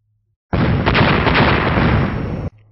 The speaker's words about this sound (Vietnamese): Sau 4 tiếng nổ long trời vang lên